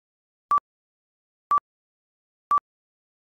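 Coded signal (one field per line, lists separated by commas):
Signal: none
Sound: answering machine beep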